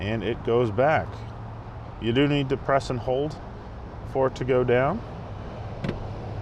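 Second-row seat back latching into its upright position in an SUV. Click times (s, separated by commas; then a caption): 5.8 s. Someone talks while the power second-row seat of a 2020 Mercedes-Benz GLE 350 SUV, with its button held down, returns upright after third-row access. A single short click is heard at 5.8 s as the seat back latches into its upright position.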